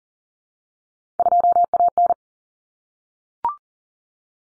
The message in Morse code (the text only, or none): 2AN